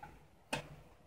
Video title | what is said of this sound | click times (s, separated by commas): Tonka truck restoration (1958) | you need to then you'll click right in that check | 0.5 s